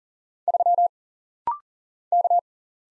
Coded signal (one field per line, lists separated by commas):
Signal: Morse code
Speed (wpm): 39 wpm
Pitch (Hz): 700 Hz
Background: none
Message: 3 K